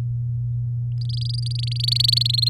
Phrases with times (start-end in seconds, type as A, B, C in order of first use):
1.01-2.49 A